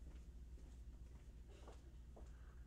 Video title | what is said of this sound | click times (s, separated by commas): How to Replace Batteries in an APC Back-UPS 1500 | once the face plate is snapped back into place | 1.7 s